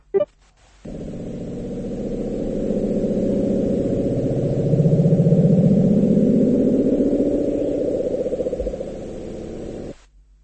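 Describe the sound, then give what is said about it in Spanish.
A low-frequency underwater ocean recording: a deep, sustained rumble lasting about nine seconds, with a tone that slowly rises and sweeps through the middle before fading out abruptly. No one speaks. “Y luego ese sonido, ya te digo, de muy baja frecuencia, que ya ha sí, parece como que se mueve, ¿no?”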